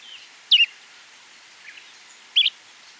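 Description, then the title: Bran-colored Flycatcher uttering two sharp, high, hooked call notes nearly two seconds apart, a faint soft chirp between, light background hiss. Subspecies flammiceps. "LuckyPassaro Completos2Sama. Bran-colored Flycatcher"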